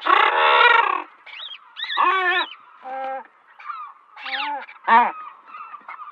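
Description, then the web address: Guillemot calls: a harsh, buzzy growl for a second, then a series of shorter honking and nasal calls with rising and falling pitch. "Schulze Peter Guillemot"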